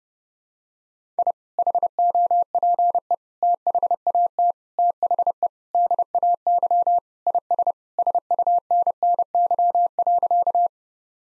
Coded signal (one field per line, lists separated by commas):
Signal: Morse code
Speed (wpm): 30 wpm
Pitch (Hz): 700 Hz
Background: none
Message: I HOPE THAT THE DAY IS SUNNY.